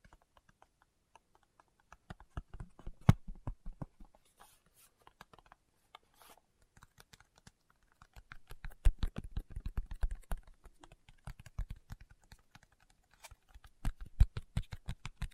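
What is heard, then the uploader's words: Fingertips tap in quick, irregular bursts of short, dry clicks with a soft low thump under each. Quiet stretches near the start give way to denser flurries around 9–10 seconds and again near 14 seconds, with occasional brighter, sharper taps. ASMR Tapping with Fingertips (No Talking).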